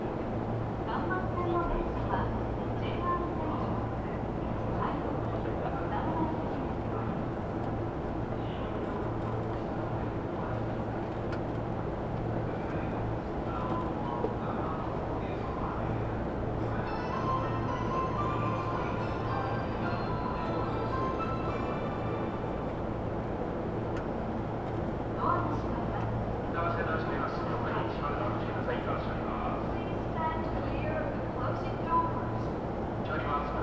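A Tokyo Metro train runs between Iidabashi and Nishi-Funabashi, giving a steady low rumble and hum throughout with little change in loudness. Faint voices murmur underneath, and from around 16 to 20 seconds a brighter whine and rattle rise briefly before settling back.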